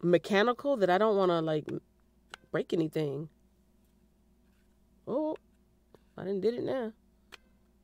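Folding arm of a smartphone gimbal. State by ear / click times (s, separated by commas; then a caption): seated / 7.3 s. Someone talks while moving the stiff plastic folding arm of a smartphone gimbal. At 7.3 s the arm gives one sharp snap as it locks back into place, and the arm is seated.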